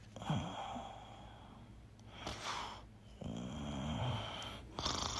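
Low, rattling snoring sounds come in a few irregular bursts, with a longer vibrating stretch near the end in a quiet room. This is the snoring of a junior high school second-year boy, recorded at home.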